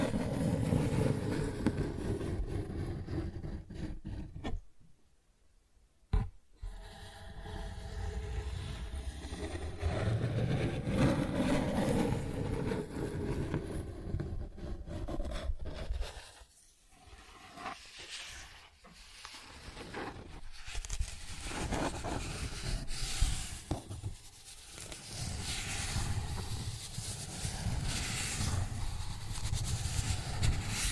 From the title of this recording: Cardboard Scratching, Tracing, Tearing